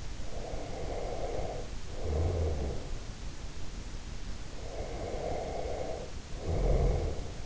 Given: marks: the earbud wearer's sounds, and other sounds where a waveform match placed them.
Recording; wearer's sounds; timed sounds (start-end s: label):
sounds in sleep by an in-ear microphone; snoring breath
0.17-3.08 s: snoring breath
4.52-7.46 s: snoring breath